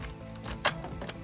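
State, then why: Seated. A new toner cartridge is lined up and pushed into a laser printer over background music, and it clicks home at 0.7 s, seating in place. A couple of fainter knocks follow near 1.0 s and 1.1 s.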